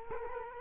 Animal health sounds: mosquito wingbeat signal from an infrared sensor; Culex quinquefasciatus

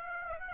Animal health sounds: mosquito wingbeat signal from an infrared sensor; Aedes aegypti

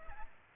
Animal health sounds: mosquito wingbeat signal from an infrared sensor; Aedes aegypti

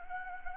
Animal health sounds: mosquito wingbeat signal from an infrared sensor; Anopheles gambiae

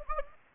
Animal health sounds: mosquito wingbeat signal from an infrared sensor; Anopheles gambiae

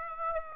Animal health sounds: mosquito wingbeat signal from an infrared sensor; Aedes aegypti

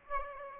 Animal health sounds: mosquito wingbeat signal from an infrared sensor; Aedes aegypti

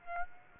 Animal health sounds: mosquito wingbeat signal from an infrared sensor; Aedes aegypti

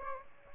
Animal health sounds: mosquito wingbeat signal from an infrared sensor; Aedes aegypti

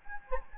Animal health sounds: mosquito wingbeat signal from an infrared sensor; Anopheles gambiae

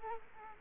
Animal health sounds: mosquito wingbeat signal from an infrared sensor; Culex quinquefasciatus

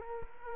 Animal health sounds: mosquito wingbeat signal from an infrared sensor; Culex quinquefasciatus

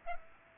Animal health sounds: mosquito wingbeat signal from an infrared sensor; Aedes aegypti

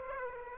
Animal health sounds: mosquito wingbeat signal from an infrared sensor; Aedes aegypti

